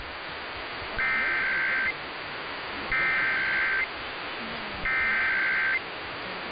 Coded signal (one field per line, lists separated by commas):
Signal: Emergency Alert System (SAME) tones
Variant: header bursts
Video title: [EAS #2400-#2416] Do you like RMTs & RWTs? This is the video for you.